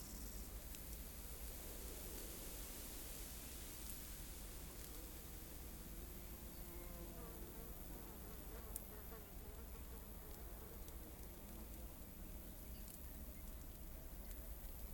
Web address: Systematic Sound - General Ambience Series - Rural Countryside 01 Field Wheat Dry Sizzle Insects Wind Soft